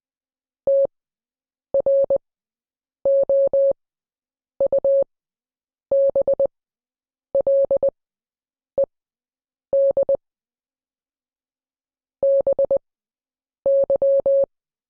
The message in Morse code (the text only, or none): TROUBLED BY